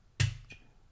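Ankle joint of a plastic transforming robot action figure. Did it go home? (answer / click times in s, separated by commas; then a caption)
yes / 0.2 s. Someone pushes back on the plastic foot of a Transformers Power of the Primes Leader Class Optimus Prime action figure so its ankle joint, which shipped unseated and left the figure too loose to stand, pops into place. A sharp, bright plastic click with a low thump lands at 0.2 s, followed by a faint thin ring near 0.5 s and a tiny tick at the end. The ankle locks into place.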